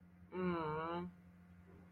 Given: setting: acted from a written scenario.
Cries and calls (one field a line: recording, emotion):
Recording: vocal sound without words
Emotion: sympathy